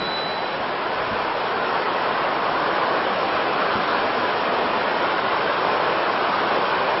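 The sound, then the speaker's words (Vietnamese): Heavy rain pours down in a steady, unbroken hiss, loud and dense throughout with no pauses and no voices. “Dạ, xin các vị hộ pháp á, là mưa 15 phút thôi. Mưa nhiều quá hết giờ.”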